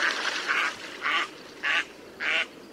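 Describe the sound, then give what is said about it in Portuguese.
A female duck on a pond at night, trying to swim away from the bank, quacks four times at a steady, evenly spaced rhythm, each quack a short nasal burst standing out clearly over a soft background hiss, with no voices present. “Depois do enésimo salto, entre os mesmos nenúfares, a ranzinha esbarra pela 30ª vez com a pata, a qual tentava desesperadamente nadar para longe da margem, onde estava uma gata cinzenta.”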